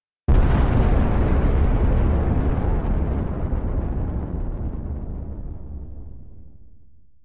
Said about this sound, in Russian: К этому моменту он покрылся пылающими трещинами, которые раскололи земную кору. А после — взрыв.